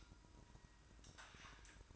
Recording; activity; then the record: daily activity, microphone in the room; light off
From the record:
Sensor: 2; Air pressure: 1007.7 hPa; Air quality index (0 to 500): 80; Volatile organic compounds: 1 ppm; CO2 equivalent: 648 ppm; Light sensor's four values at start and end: 14/39/16/16 and 9/21/9/9